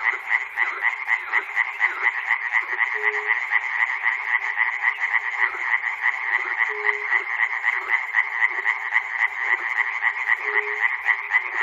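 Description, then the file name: Frog chorus of fast, overlapping croaks pulsing steadily, with occasional brief low hums breaking through every three to four seconds. Frogs recorded at Chernobyl. "peter cusack-chernobyl frogs"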